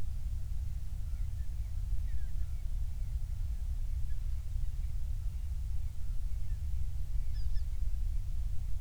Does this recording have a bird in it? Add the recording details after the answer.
yes. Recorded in the Prudhoe Bay oil fields, Alaska, on 28 July 2019 at 06:26. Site 25